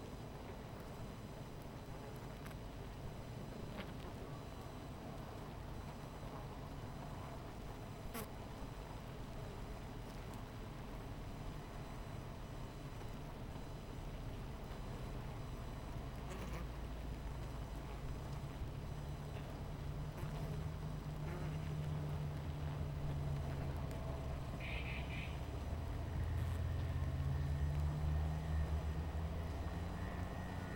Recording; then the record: honeybee colony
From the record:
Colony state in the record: missing queen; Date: 14 July 2017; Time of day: 17:41